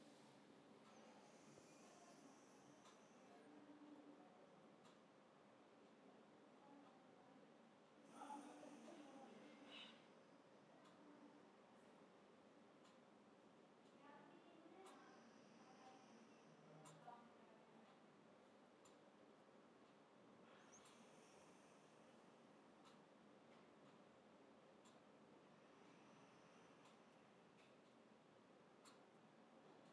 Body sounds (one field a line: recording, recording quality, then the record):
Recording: deep breathing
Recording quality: moderate, slight background noise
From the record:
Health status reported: healthy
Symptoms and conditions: hypertension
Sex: female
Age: 26 years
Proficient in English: yes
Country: India